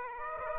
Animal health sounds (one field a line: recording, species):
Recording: mosquito wingbeat signal from an infrared sensor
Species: Aedes aegypti